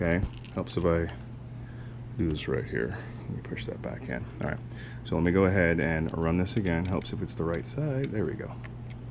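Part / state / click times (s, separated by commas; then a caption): throttle cable into carburetor throttle linkage channel / not seated / none. Someone talks while handling a throttle cable, running it up toward the channel in the carburetor throttle linkage while assembling a complete Honda 50cc system on an upgraded leg, over a steady low hum. A faint, brief sound occurs near 8.9 s, but the cable has not yet snapped into the channel and nothing has seated.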